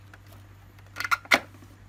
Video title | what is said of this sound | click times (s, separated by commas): Dyson Air Multiplier AM06 Table Fan review 2021 | okay I heard the click should be all good | 1.3 s